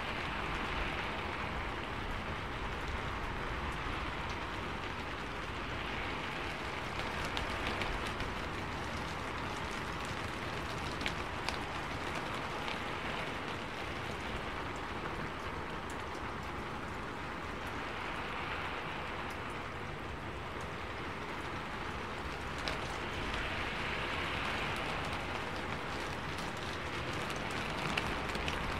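Rain falls in a steady, dense patter for the whole half minute, with a constant low rumble underneath. Sharp drips click through at random, and a soft hissing swell rises and fades around 7, 18 and 24 seconds.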